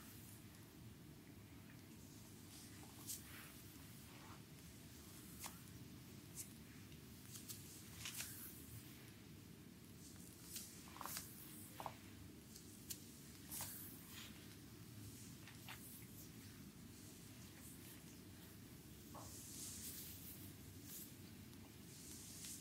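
A back and shoulder massage, with steady low rumbling underneath and frequent soft brushing and squishing strokes, sharper rubbing bursts scattered throughout.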